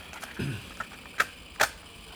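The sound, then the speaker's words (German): A cassette tape that arrived in the post is slid into a player: a short low plastic rattle, then a few sharp mechanical clicks, the last two the loudest, with no one speaking. “Bei der Post war diese Kassette.”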